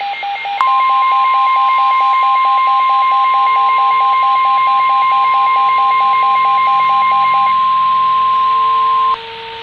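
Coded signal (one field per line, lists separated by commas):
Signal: Emergency Alert System (SAME) tones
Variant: 1050 Hz attention tone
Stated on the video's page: Fake, hypothetical EAS scenario about a tornado outbreak.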